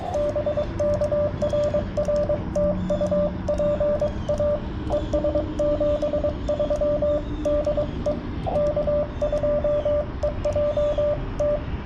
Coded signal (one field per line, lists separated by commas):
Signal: Morse code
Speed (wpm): 22 wpm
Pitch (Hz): 590 Hz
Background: radio noise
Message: BK RR TU PA ES 73 DE K2EJT